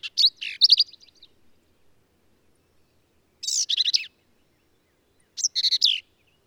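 Black-capped vireo singing rapid, varied phrases of sharp chips and slurred squeaky notes, with long silent gaps between the bursts.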